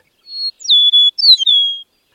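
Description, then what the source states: Eastern meadowlark song: a short series of clear, sweet whistled notes, a steady high note followed by slurred falling phrases, lasting under two seconds against silence. Heard at dawn in spring on tallgrass prairie; its voice is described as sweet.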